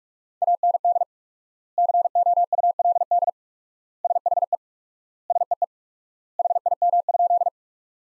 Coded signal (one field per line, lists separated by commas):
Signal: Morse code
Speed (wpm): 47 wpm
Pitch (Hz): 700 Hz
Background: none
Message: AND COULD SHE SEE HIM?